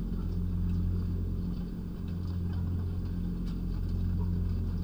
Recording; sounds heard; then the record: poultry house recording; sick chickens (respiratory disease)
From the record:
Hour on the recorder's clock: 19